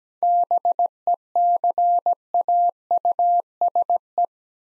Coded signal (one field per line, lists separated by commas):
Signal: Morse code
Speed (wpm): 17 wpm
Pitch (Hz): 700 Hz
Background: none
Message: BECAUSE